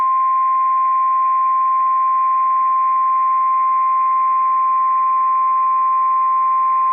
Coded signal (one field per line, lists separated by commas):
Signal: Emergency Alert System (SAME) tones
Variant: 1050 Hz attention tone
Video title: Severe Thunderstorm Warning (Sioux, Morton, Grant, Emmons Counties, ND) (8/8/25) [EAS #252]